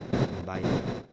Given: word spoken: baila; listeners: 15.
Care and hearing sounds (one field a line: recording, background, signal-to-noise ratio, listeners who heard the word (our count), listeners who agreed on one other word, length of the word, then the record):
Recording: one Spanish word in noise, from a listening test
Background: noise modulated by one talker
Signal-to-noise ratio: -9.1 dB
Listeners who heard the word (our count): 0 of 15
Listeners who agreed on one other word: 11 of 15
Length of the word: 0.73 s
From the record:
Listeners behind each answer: 11, 1, 1, 1, 1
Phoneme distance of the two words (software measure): 10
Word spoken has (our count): 2 syllables, 5 phonemes, stress on syllable 1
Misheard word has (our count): 2 syllables, 5 phonemes, stress on syllable 1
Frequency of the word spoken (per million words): 5.68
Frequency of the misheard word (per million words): 28.87